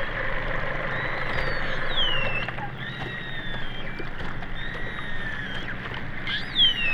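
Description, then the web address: Long-finned pilot whale whistles, several thin tonal sweeps over a steady wash of low background noise. "PMahe Voile'Ocean. Globicephala Melas Apex Cetacea Gouf GLOB SIFFLEMENT"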